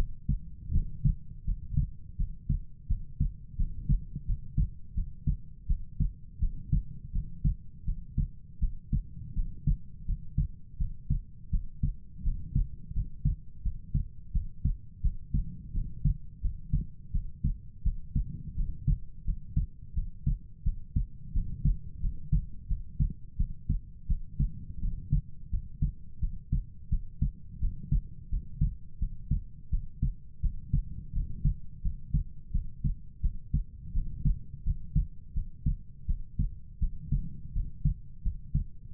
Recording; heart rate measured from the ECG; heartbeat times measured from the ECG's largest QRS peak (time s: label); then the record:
heart sounds by stethoscope; 85 bpm
0.71 s: heartbeat
1.44 s: heartbeat
2.16 s: heartbeat
2.87 s: heartbeat
3.56 s: heartbeat
4.25 s: heartbeat
4.94 s: heartbeat
5.66 s: heartbeat
6.39 s: heartbeat
7.12 s: heartbeat
7.84 s: heartbeat
8.59 s: heartbeat
9.33 s: heartbeat
10.05 s: heartbeat
10.77 s: heartbeat
11.50 s: heartbeat
12.22 s: heartbeat
12.93 s: heartbeat
13.62 s: heartbeat
14.32 s: heartbeat
15.01 s: heartbeat
15.72 s: heartbeat
16.40 s: heartbeat
17.11 s: heartbeat
17.82 s: heartbeat
18.55 s: heartbeat
19.24 s: heartbeat
19.93 s: heartbeat
20.63 s: heartbeat
21.32 s: heartbeat
22.00 s: heartbeat
22.67 s: heartbeat
23.36 s: heartbeat
24.07 s: heartbeat
24.79 s: heartbeat
25.49 s: heartbeat
26.19 s: heartbeat
26.89 s: heartbeat
27.59 s: heartbeat
28.29 s: heartbeat
28.98 s: heartbeat
29.69 s: heartbeat
30.40 s: heartbeat
31.12 s: heartbeat
31.81 s: heartbeat
32.51 s: heartbeat
33.20 s: heartbeat
33.92 s: heartbeat
34.63 s: heartbeat
35.33 s: heartbeat
36.06 s: heartbeat
36.79 s: heartbeat
37.52 s: heartbeat
38.22 s: heartbeat
38.93 s: heartbeat
From the record:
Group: healthy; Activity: cold pressor test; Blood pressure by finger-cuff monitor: 68/48 mmHg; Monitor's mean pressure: 56 mmHg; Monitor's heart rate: 85 bpm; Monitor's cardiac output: 6.5 L/min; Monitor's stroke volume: 77 mL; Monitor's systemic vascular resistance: 590 dyn s/cm5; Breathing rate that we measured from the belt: 20 breaths a minute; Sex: female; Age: 19 years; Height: 163 cm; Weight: 48.9 kg